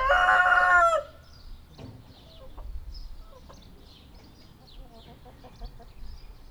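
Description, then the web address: Chicken: the end of a loud, harmonic rooster crow at the start, then near quiet with faint chirps behind. Rooster crowing three times in a farmyard at a zoo in Nyíregyháza, recorded 2010. "nyiregyhazizoo. kakasharomszor"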